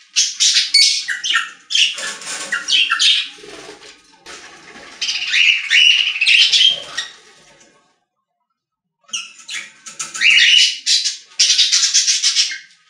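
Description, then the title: Budgerigar chatter of squeaky, buzzy chirps in long bursts, a silent gap of about a second, then renewed chirping. "Budgie Sounds"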